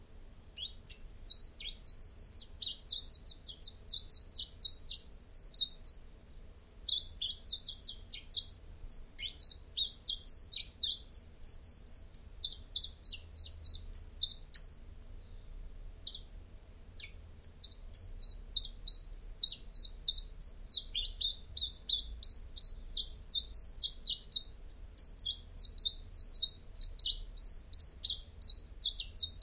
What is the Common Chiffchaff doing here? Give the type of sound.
song